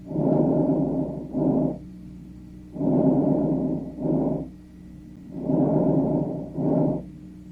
Vesicular breath sounds.